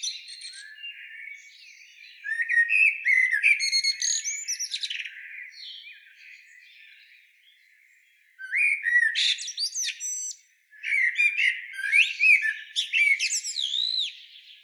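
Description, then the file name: Common blackbird song in three bursts of varied, fluty warbles topped with squeaky high twitters, separated by soft, quiet chattering and a brief silence. "Turdus merula"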